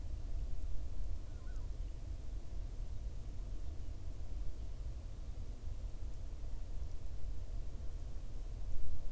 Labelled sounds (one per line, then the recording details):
waterfowl
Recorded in the Arctic National Wildlife Refuge, Alaska, on 15 May 2019 at 15:03
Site 38